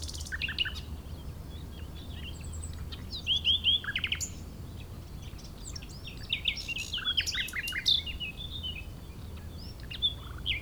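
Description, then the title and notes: Common nightingale song of varied sharp chirps, slurred whistles and rapid note clusters, repeated in loose phrases above low wind noise. Chindrieux, France; nightingale season in full swing; sunny day; fairly strong west wind; singer hidden in scrub; Zoom H4n Pro on the ground tens of metres from singer, in a small valley away from motorbike traffic. "Chindrieux, France - Rossignol. La saison des rossignols bat son plein"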